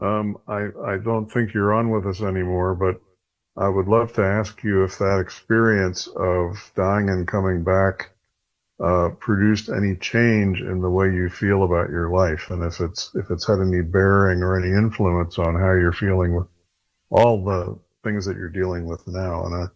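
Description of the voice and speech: A man speaks fluently at a low, steady pitch with ordinary pauses, asking a long question; typical adult speech.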